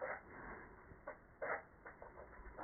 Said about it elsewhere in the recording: If you hear the sneezing there in the background, that is my cat. She is going through a sneezing fit.